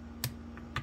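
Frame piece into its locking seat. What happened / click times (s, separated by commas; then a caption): Frame piece snaps down into place / 0.2 s, 0.8 s. A frame piece that did not look fully snapped down is pressed into its locking seat, giving sharp clicks at 0.2 s and 0.8 s, with a fainter tick at 0.6 s in between. The frame piece snaps down and is seated in place.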